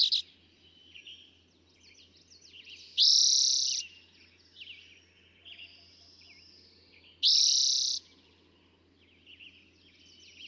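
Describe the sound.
Eastern towhee song: two rapid, buzzy trill phrases about four seconds apart, with softer chirps and whistles in between.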